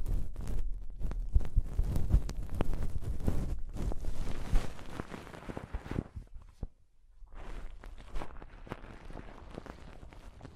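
Scratching and touching on a microphone, a dense run of rough rubbing and sharp taps with heavy low thumps for the first six seconds. Around the six-second mark it nearly drops out, then resumes as lighter, thinner scraping until the end.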